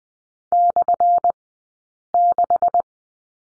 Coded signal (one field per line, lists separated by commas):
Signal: Morse code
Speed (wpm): 20 wpm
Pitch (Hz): 700 Hz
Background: none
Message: /6